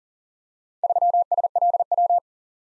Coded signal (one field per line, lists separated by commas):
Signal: Morse code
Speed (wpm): 38 wpm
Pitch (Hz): 700 Hz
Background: none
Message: 3SLW